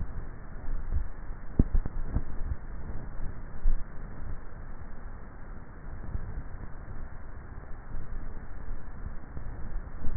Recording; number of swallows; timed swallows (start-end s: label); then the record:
swallowing sounds by neck microphone; 2
0.62-1.85 s: swallow
3.05-3.68 s: swallow
From the record:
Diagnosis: dysphagia